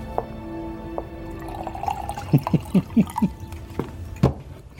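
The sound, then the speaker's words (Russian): A man pours himself wine from a bottle into a glass in a quick run of about five rhythmic, gurgling pulses, then one last splash, with faint glassy ringing tones just before. “Сергей наливает себе вина.”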